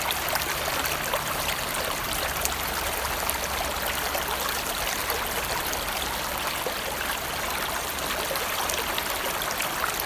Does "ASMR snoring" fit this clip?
no